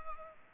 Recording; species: mosquito wingbeat signal from an infrared sensor; Culex pipiens